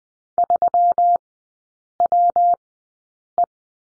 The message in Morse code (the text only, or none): 3WE